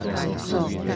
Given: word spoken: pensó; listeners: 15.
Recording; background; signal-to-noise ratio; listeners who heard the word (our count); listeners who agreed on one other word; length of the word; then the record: one Spanish word in noise, from a listening test; eight-talker babble; -2.3 dB; 1 of 15; 6 of 15; 0.56 s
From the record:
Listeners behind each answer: 6, 2, 1, 1, 1, 1, 1, 1, 1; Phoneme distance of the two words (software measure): 20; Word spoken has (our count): 2 syllables, 5 phonemes, stress on syllable 2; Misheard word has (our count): 2 syllables, 5 phonemes, stress on syllable 2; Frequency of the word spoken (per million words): 50.67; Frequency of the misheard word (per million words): 1.52